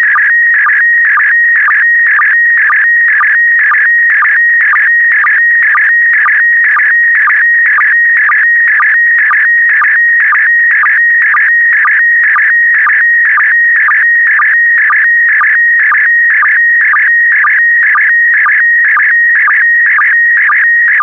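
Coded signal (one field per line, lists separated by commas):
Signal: SSTV (slow-scan television)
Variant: PD120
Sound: warbling tone around 1.9 kHz with a short low chirp twice a second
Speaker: Five, four, three, two, one. Transmission complete.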